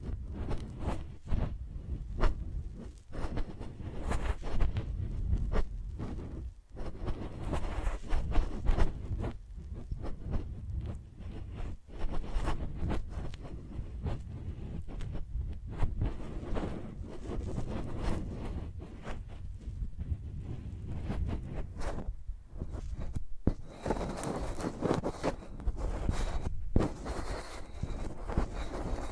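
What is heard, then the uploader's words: A microphone is dragged and scribbled across a surface like a pencil, making a dense, rough scraping with a heavy low rumble underneath. Sharp scratches and knocks come irregularly throughout, with brief near-silent breaks around 7, 12, 23 and 27 seconds. Using Mics as Pencils (No Talking).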